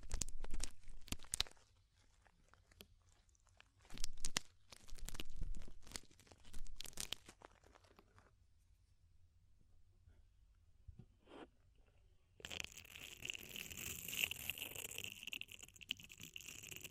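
Deep ear cleaning sounds: crackly, crinkling scrapes in bursts with quiet gaps, then from about twelve seconds a steady bright hiss and rustle.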